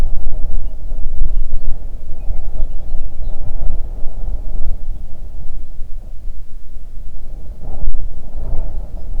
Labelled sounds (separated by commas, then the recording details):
songbird, wind
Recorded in the Arctic National Wildlife Refuge, Alaska, on 3 June 2019 at 05:42
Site 37